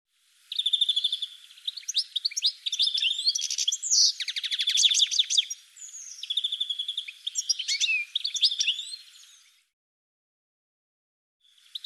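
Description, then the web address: Bird singing a long run of varied high chirps, rapid trills and whistles for about nine seconds, then silence before a faint restart at the very end. "cianscape birddata"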